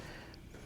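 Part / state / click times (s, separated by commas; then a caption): bulb into headlight/lamp housing / seated / 0.3 s. A new bulb with little tabs is pushed into the headlight/lamp housing of a Mustang Cobra. A short, sharp click at 0.3 s stands out above steady background noise as the bulb seats and clicks into place.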